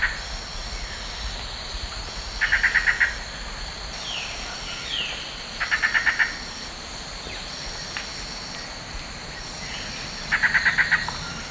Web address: Natures Songs S America Eastern Lowlands. Cercomacra cinerascens, alarm call